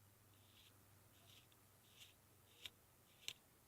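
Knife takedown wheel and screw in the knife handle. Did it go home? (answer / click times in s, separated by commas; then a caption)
released / 3.3 s. The takedown wheel on a CRKT Homefront field-strippable folding knife is twisted to back out the screw in the handle, with soft ticking and scraping as it turns and a sharper tick at about 2.7 s. A small pop at 3.3 s signals that the wheel and screw have released and the knife is ready to take apart.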